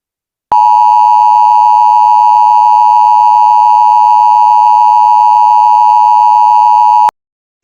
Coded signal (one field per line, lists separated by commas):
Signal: Emergency Alert System (SAME) tones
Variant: 853 and 960 Hz attention tone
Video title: A Yo-Kai's Worst Nightmare. EAS Scenario #2